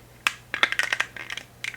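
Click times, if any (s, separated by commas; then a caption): none. A plastic doll stand piece for a Barbie Collector Lord of the Rings Legolas doll is pressed into its stand base again, producing a loud sharp knock at 0.3 s followed by a quick cluster of bright plastic taps and rattles up to about 1.0 s and a few softer ones near the end. The stand does not click into place, and nothing has seated or clicked yet.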